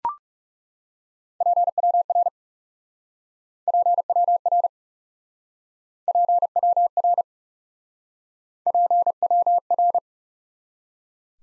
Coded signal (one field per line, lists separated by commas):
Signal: Morse code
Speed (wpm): 39 wpm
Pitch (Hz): 700 Hz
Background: none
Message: PWR PWR PWR PWR